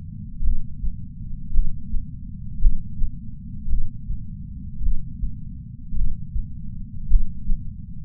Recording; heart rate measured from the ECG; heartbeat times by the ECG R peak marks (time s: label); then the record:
heart sounds by patch sensor on the chest; 54 bpm
0.41 s: heartbeat
1.51 s: heartbeat
2.59 s: heartbeat
3.67 s: heartbeat
4.79 s: heartbeat
5.93 s: heartbeat
7.07 s: heartbeat
From the record:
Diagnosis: coronary artery disease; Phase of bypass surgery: postoperative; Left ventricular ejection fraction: 51.3%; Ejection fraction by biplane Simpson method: 50.8%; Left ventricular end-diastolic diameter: 53 mm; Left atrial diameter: 44 mm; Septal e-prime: 5.6 cm/s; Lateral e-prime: 9.8 cm/s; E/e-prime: 14.5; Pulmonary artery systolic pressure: 20 mmHg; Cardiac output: 6.3 L/min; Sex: male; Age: 70 years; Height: 165 cm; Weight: 70 kg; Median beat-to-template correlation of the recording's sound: 0.86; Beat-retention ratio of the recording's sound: 1.00